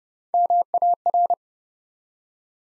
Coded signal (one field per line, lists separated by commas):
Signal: Morse code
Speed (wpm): 30 wpm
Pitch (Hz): 700 Hz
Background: none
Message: MAR